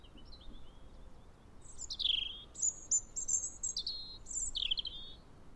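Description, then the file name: European robin singing a fluid phrase of thin high whistles and trills, sliding notes dropping and rising in pitch over about four seconds. "Erithacus rubecula"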